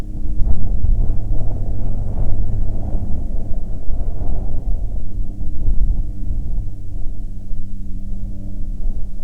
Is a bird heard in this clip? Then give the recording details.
no. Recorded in the Prudhoe Bay oil fields, Alaska, on 22 July 2019 at 13:44. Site 13